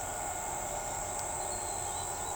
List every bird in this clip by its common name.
Trinidad Euphonia